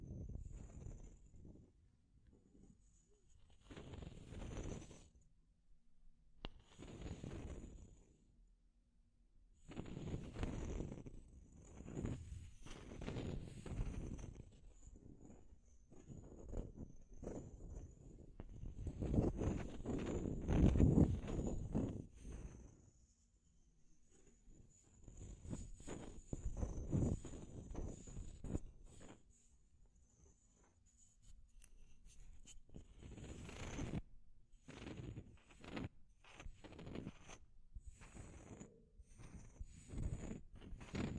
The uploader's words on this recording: Deep Scratching. (No Talking).